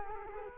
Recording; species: mosquito wingbeat signal from an infrared sensor; Culex quinquefasciatus